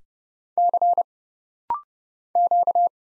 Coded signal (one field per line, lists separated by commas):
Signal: Morse code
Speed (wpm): 29 wpm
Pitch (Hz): 700 Hz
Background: none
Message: C Q